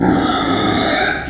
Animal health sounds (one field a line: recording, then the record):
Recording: squeal of a Yucatan mini pig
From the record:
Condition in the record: before surgery on the right vocal fold (resection and tissue-engineered implant)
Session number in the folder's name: 3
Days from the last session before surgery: 0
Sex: female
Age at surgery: 19 weeks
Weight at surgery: 25 kg